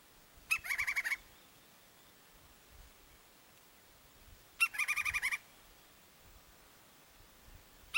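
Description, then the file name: Woodpecker calling in two short harsh bursts about four seconds apart, each a sharp opening note followed by a fast run of rasping, chattering notes, with quiet between. "canto do pica pau"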